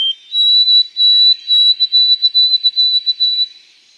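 White-throated sparrow song: a short lower whistle stepping up to two long high whistles, then a run of quicker repeated high notes, fading out.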